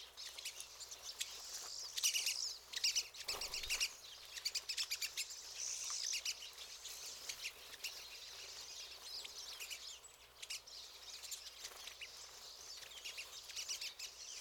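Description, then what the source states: Pine siskins chattering in a flock, long buzzy rising wheezes drawn out over the busy high twitter, plus one brief low thump. Several pine siskins.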